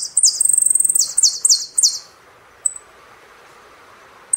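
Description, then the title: Saffron finch song: a rapid run of bright, sweeping high chirps for about two seconds, followed by quiet with two isolated thin notes. "Jilguero Argentino"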